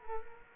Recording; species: mosquito wingbeat signal from an infrared sensor; Culex quinquefasciatus